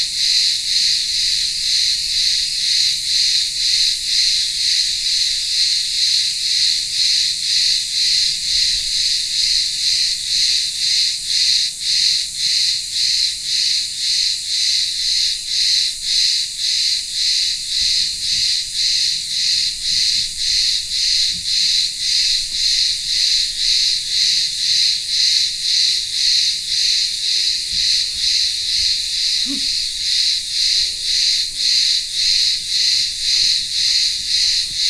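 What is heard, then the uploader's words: Cicadas fill a village square in the midday heat with a dense, bright, pulsing drone that throbs rapidly and evenly for the whole stretch. Beneath it, faint low murmurs and a few soft knocks come and go, especially near the end. Cicadas in the midday Greek heat. Greek village in the remote island of Ikaria. Town square - cicadas in the midday heat and maybe some distant voices of villagers. Recorded by Ioannis Valasakis.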